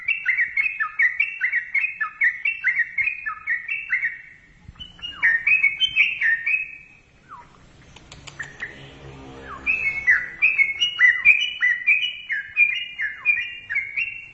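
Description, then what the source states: Yellow-vented bulbul singing rapid repeated two-note chirps, pausing midway amid a rustling noise before resuming the brisk chattering phrases. Described as a champion songbird.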